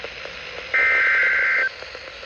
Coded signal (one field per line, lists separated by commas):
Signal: Emergency Alert System (SAME) tones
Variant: header bursts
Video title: EAS Alerts From 7/9/25: A Compilation (EAS 869-898)